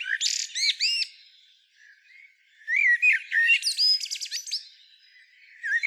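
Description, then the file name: Common blackbird giving slurred, squeaky notes, then a quieter gap before a dense burst of high twittering phrases. "Turdus merula"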